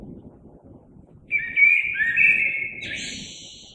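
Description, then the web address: Common blackbird song: one fluted phrase rising into a high twittering ending, over a steady low rumble of background noise. Recorded 3 March 2020. "oiseaux Merle 2020 03 03"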